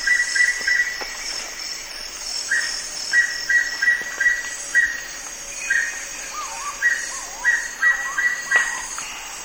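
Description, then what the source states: Wing-barred piprites repeating short groups of clear whistled notes every second or two, another bird's lower sliding notes midway, insects humming throughout. Recorded in the eastern lowlands of South America.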